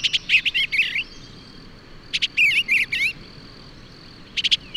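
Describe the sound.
Bird song: quick warbled phrases of chirps and slurred notes, bursts of about a second with gaps between, a thin constant high tone behind.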